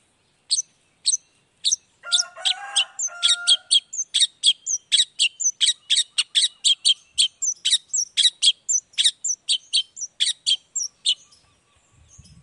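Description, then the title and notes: Long-tailed shrike song: fast series of sharp high chips, about four per second, with a brief nasal harmonic phrase early on, fading near the end. Morning song of an actively singing (gacor) cendet with 'toet toet' sound variation; one play makes other cendet respond quickly and excitedly. "Langsung NYAUTTTTT ! Cendet Gacor Dor Di Kala Pagi Toet Toet Variasi Suara J. Cendet Gacor Langsung Nyaut Emosi Hanya dengan Sekali Putar Bikin Cendet Lainya Cepat Respon Bunyi. Burung cendet"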